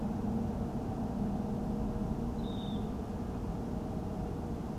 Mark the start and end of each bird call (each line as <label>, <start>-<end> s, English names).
Dunlin, 2.38-2.77 s